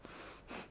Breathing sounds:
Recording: one breath in and out by a microphone near the nose and mouth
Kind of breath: strong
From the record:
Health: marked as sick, illness not named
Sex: female

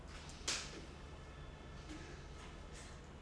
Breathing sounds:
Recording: one breath in and out by a microphone near the nose and mouth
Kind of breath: normal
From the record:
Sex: male

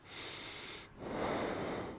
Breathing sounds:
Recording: one breath in and out by a microphone near the nose and mouth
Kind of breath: normal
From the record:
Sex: male

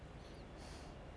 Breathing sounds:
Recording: one breath in and out by a microphone near the nose and mouth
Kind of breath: strong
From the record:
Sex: male

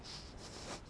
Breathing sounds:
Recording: one breath in and out by a microphone near the nose and mouth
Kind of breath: strong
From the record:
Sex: male

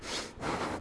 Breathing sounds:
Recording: one breath in and out by a microphone near the nose and mouth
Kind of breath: strong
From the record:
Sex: male

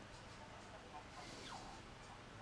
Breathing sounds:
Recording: one breath in and out by a microphone near the nose and mouth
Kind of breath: normal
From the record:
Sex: male

